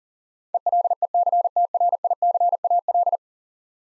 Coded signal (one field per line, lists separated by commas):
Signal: Morse code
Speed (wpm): 37 wpm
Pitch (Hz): 700 Hz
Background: none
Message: ELECTRICAL